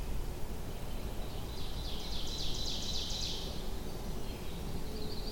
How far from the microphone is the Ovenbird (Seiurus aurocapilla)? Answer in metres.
about 80 m